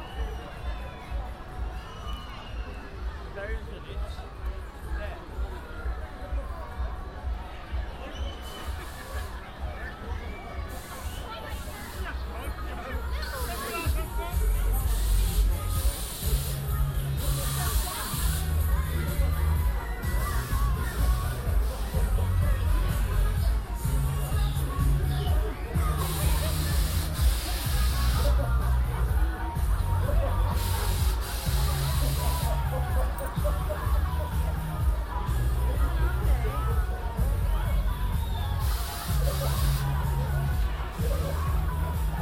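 A walk through Hyde Park toward the winter carnival, with a steady babble of crowd voices and occasional shouts. Around fifteen seconds in, a pulsing low beat of music joins and grows louder, thumping regularly under the chatter for the rest of the recording.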